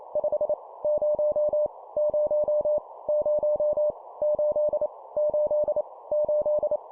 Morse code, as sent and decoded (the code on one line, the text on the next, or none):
..... / ----- / ----- / ----- / ---.. / ---.. / ---..
5 0 0 0 8 8 8